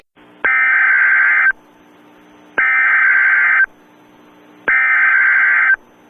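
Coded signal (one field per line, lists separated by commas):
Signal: Emergency Alert System (SAME) tones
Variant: header bursts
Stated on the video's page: Fictional EAS scenario with possibly valid SAME tones, simulated alerts for a made-up severe weather event.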